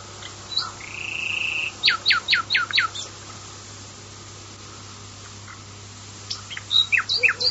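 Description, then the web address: Common nightingale: a long steady whistle, then five loud, sharply dropping notes in quick succession. After a pause, a few scattered high, clipped notes follow. "varie usignolo"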